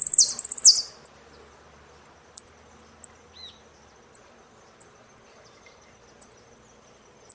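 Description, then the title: Saffron finch song: an opening burst of loud, sharp chirps, then short thin high notes spaced roughly a second apart. "Jilguero Argentino"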